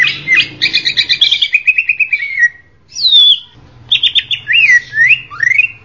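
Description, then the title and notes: Leafbird song with a descending series of quick trilled notes, a single clear downslurred whistle, then rising swooping whistles and chatter. Champion-grade cucak ijo song. "Kicau Burung Cucak Ijo Juara. Suara kicauan burung cucak ijo"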